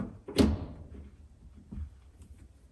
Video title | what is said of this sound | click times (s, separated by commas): How To Install a Main Water Shutoff - NIBCO Press Fittings | a little bit of a dance in terms of how much you have to open up those handles to get it to lock into place but | 0.4 s